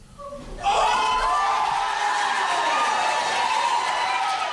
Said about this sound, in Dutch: Applaus ook op het einde, hè?